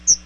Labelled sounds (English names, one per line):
Chestnut-sided Warbler flight call